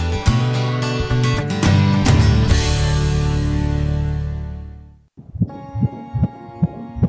Hear their baby's heartbeat through ultrasound.